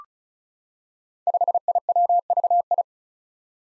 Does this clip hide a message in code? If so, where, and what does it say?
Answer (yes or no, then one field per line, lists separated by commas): yes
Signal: Morse code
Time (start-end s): 1.3-2.8 s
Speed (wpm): 36 wpm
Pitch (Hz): 700 Hz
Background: none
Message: 5IWVI